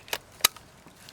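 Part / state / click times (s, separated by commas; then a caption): wiring harness connector with locking handle onto its engine socket / seated / 0.4 s. After the valve cover is reinstalled on a 2010-2017 BMW N20/N26 4-cylinder turbo engine in an F10 528i, the second wiring harness connector, with its locking handle down, is pushed back onto its engine socket. A softer tick at 0.1 s comes before one sharp, loud click at 0.5 s as the connector snaps into place and seats, followed by faint small ticks.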